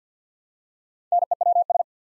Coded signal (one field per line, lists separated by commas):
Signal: Morse code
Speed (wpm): 50 wpm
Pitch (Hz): 700 Hz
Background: none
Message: NEWS